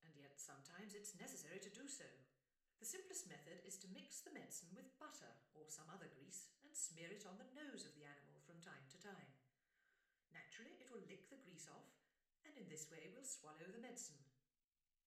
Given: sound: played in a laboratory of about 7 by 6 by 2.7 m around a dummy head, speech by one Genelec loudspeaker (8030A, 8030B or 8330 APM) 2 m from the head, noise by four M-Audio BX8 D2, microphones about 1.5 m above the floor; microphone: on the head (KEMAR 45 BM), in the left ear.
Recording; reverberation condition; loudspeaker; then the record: female speech in English; medium; 120 degrees to the left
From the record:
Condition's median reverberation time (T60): about 510 ms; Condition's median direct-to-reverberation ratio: about -0.5 dB